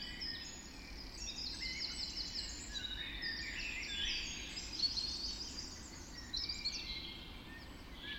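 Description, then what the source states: Mixed dawn chorus of birds, overlapping rapid trills and bright chirps, continuous throughout, with low background rumble. Dawn chorus recorded just after dawn in the Forest of Dean.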